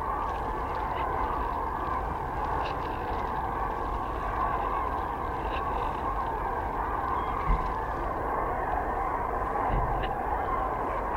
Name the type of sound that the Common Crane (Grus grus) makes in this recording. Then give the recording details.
call. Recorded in the wild. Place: Freesen, Insel Rügen, Mecklenburg-Vorpommern, DE. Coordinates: 54.497, 13.237. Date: 1969-10-05. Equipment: Nagra III BH, Sennheiser MD 21, parabola. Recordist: Schubert, Michael